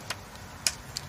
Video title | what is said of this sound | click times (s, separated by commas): 2013 Mazda6 Driver's Door Lock Replacement | snaps in place | 0.7 s